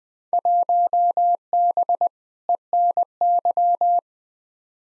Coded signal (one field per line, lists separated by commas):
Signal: Morse code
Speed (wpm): 20 wpm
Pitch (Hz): 700 Hz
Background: none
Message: 1B ENY